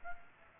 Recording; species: mosquito wingbeat signal from an infrared sensor; Aedes aegypti